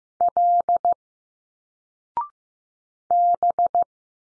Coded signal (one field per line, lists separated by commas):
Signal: Morse code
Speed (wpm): 15 wpm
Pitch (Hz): 700 Hz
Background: none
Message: L B